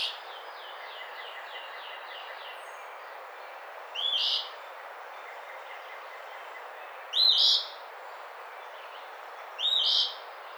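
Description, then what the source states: Eastern phoebe giving three short song phrases spaced a few seconds apart, with faint rapid notes from another bird at the start and steady background hiss. Recorded 28 April 2009.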